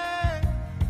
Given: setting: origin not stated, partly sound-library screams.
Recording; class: one-second piece from a danger detection set; normal situation